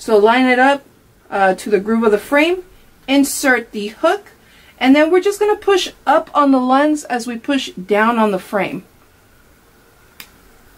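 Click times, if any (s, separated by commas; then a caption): 10.2 s. Someone talks while a hooked sunglass lens is lined up with the groove of the frame, the hook is inserted, and the lens is pushed up as the frame is pushed down. After the talking stops, a single short, sharp click at 10.2 s marks the lens locking into place in the frame.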